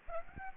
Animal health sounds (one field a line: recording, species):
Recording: mosquito wingbeat signal from an infrared sensor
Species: Aedes aegypti